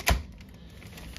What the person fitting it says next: just like that solid lock